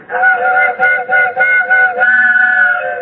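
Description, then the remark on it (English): A train whistle sounds a chord of steady tones in a quick string of short, loud blasts, then holds one longer note at the end. No one speaks. “Gee, they changed the whistle on the train just for me.”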